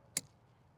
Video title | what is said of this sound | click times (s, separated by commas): How to Replace Wiper Blades on a Jeep Wrangler JL (Front + Back) | you hear it click just like that | 0.2 s